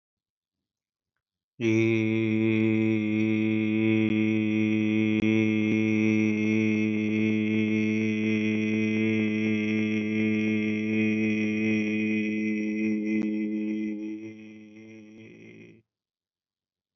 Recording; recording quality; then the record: sustained vowel as in made; excellent, no background noise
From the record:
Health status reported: healthy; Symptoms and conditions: diabetes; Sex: male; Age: 41 years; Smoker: yes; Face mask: not worn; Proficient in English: yes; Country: India